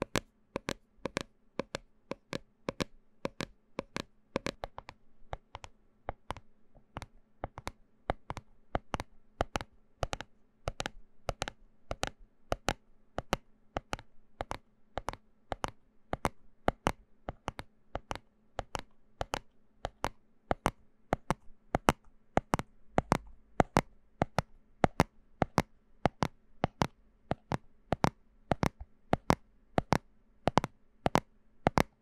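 Bottles and jars knock against each other in a steady run of sharp, bright taps, about two every second, for the whole clip. The hits are short and evenly paced, with slight variation in loudness, over a faint low hum between them.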